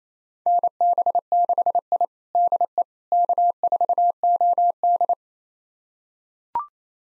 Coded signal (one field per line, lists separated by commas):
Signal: Morse code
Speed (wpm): 27 wpm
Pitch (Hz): 700 Hz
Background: none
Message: NB6I DE K4OD